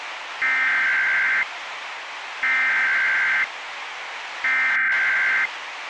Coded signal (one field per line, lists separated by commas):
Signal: Emergency Alert System (SAME) tones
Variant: header bursts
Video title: (old) EAS MOCK: The San Juan Wedge